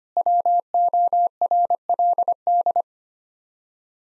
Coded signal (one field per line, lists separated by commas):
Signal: Morse code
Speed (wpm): 25 wpm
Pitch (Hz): 700 Hz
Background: none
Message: WORLD